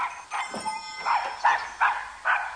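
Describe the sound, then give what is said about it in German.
A large dog barks in a quick, steady series of about six sharp, gruff woofs, each loud and evenly spaced, with no talking. “Komm mal her, du großer Hund.”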